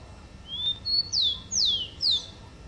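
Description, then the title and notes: Rufous-collared sparrow singing a short phrase of two level whistles stepping up, followed by three sharp down-slurred notes. "Áudio do pio do tico-tico. WikiAves"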